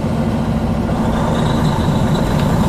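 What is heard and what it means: The spring-loaded steel locking pins of a trailer's sliding tandem axle slider are being moved toward the holes in the slider rail after the axle was shifted to adjust weight, with the trailer brake set and the tractor in low gear pulling forward. Only a steady low engine rumble is heard throughout. Nothing has seated or clicked yet.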